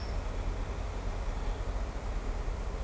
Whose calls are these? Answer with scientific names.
none